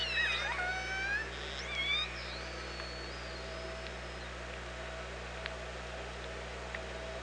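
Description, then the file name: Orca calls: a cluster of overlapping harmonic upswept calls in the first two seconds, then quiet with scattered sharp clicks over steady low hum. Recorded at OrcaLab on 24 August 2017, around 07:46. "Orca Lab UTLN JASON 20170824 074610"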